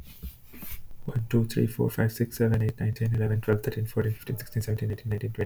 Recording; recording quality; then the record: counting at a fast pace; excellent, no background noise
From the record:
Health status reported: healthy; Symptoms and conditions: none ticked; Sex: male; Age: 25 years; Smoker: not ticked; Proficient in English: yes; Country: United States